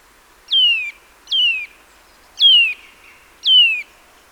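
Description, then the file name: Eurasian nuthatch calling: four loud, clear whistled notes, each sliding downward, spaced roughly one second apart against a quiet background. "Sitta europaea"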